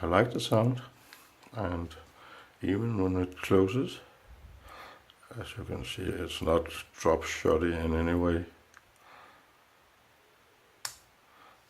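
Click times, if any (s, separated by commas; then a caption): 10.9 s. The blade of a new CRKT Directive folding pocket knife, with a metal blade and lock, is worked by hand while someone talks. The talking stops and the blade locks into position with a single sharp click at 10.9 seconds, seating firmly.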